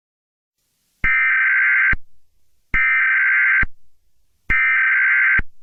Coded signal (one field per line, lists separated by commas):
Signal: Emergency Alert System (SAME) tones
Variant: header bursts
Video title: Elemental Attack - An EAS Scenario